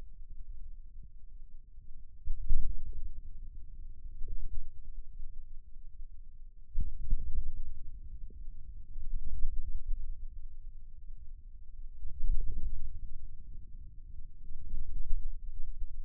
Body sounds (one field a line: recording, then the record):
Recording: forearm muscle sounds (acoustic myography)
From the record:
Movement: ulnar deviation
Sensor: system 2, bracelet of six BSWA MPA416 microphones around the upper forearm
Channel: 2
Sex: male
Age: 22 years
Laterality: right